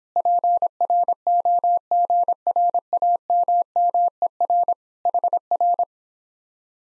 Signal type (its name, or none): Morse code